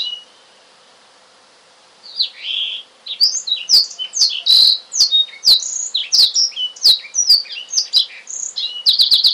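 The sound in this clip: Oriental magpie-robin song: a brief note, about two seconds of near silence, then a lively stream of high whistles and slurs punctuated by crisp clicks.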